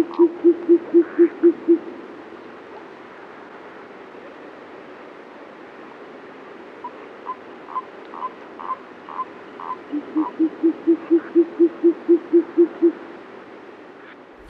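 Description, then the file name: Short-eared owl hooting: quick, evenly spaced runs of low hollow hoots, one short burst at the start and a longer series near the end, with fainter higher notes between. "Kalous pustovka"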